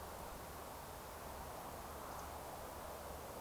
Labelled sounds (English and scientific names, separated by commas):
Eurasian Woodcock (Scolopax rusticola)